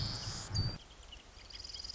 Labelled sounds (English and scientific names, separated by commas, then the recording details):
Marsh Wren (Cistothorus palustris)
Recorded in Sonoma County, California